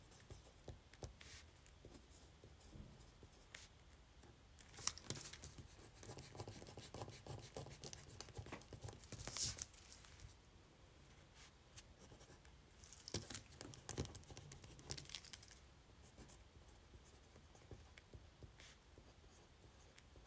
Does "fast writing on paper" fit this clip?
yes